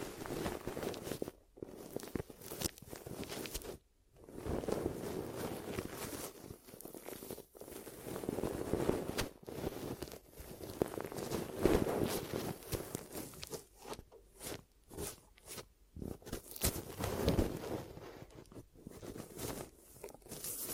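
Ear massage and cleaning: dense rubbing and crackling strokes, fairly steady, broken by brief silent gaps, more frequent and choppy in the second half.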